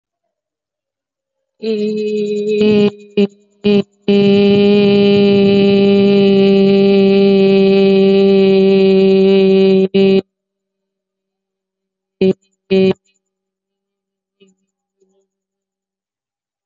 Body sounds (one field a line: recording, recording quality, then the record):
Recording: sustained vowel as in made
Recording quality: moderate, slight background noise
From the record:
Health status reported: healthy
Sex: female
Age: 27 years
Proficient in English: yes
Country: India